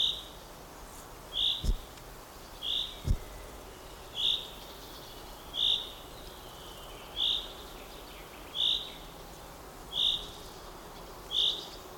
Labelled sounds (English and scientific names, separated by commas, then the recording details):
Common Chaffinch (Fringilla coelebs)
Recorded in the wild
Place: Mühlenbecker Wald, Brandenburg, DE
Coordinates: 52.69, 13.37
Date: 1992-06-27 12:43
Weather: sonnig, 22-26°C
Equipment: Marantz CP 430, Sennheiser ME 80, Kopie Tesla B 116
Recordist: Tembrock, Günter
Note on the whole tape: Mühlenbecker Wald; Gesang, 1. Strophe mit "pink" am Schluß (3 Strophen), dann Rülschen (längere Strecke)